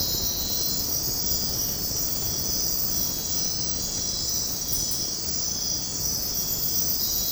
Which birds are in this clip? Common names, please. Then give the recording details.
none. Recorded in dense forest near Puerto Asís, Putumayo, Colombia, on 18 February 2024 at 04:30. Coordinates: 0.503, -76.322. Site G6418